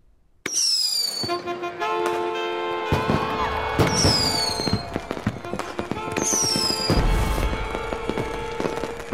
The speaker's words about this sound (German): Seine polnischen Böller, die während der Tell-Vorstellung gezündet wurden, rissen das Publikum von den Sitzen.